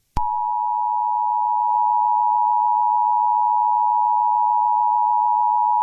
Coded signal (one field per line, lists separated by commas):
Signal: Emergency Alert System (SAME) tones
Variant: 853 and 960 Hz attention tone